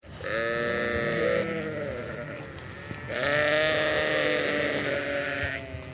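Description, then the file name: Sheep bleating twice, each a long quavering bleat lasting over a second, with a pause between. "Schafe"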